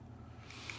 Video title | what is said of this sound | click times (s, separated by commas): Building the Takom 1/35 Raumer Mine roller ( Yes it is a real vehicle ) | then the wheels kind of just click into place | 0.7 s